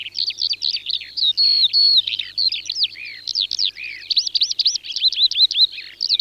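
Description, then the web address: Eurasian skylark song: bright, hurried chirps and looping whistled slurs delivered in a nonstop, bubbling high-pitched stream. "Alauda arvensis. ns svatomartinska alej"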